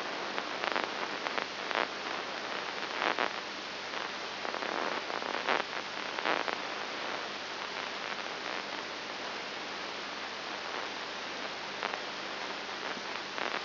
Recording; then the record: brain microelectrode recording played as sound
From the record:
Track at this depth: inside the subthalamic nucleus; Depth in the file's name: 3.902 mm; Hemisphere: left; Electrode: 3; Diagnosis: Parkinson's disease